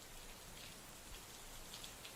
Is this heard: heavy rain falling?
yes